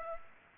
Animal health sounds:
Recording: mosquito wingbeat signal from an infrared sensor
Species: Aedes aegypti

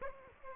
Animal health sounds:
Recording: mosquito wingbeat signal from an infrared sensor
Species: Aedes aegypti

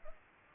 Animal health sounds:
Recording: mosquito wingbeat signal from an infrared sensor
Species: Culex pipiens

